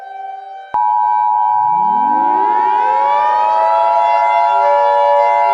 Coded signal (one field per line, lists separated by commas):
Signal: Emergency Alert System (SAME) tones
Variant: 853 and 960 Hz attention tone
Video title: EAS Scenario #2: Unholy Deliveries (Easter Special)